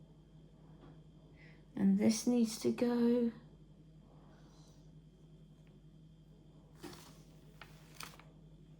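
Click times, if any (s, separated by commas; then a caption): none. Someone talks while handling a plastic Lego brick over a brick model of the Kevin bird figure from Up, followed by quiet rustling and a few faint short taps near the end. Nothing has seated or clicked into place yet.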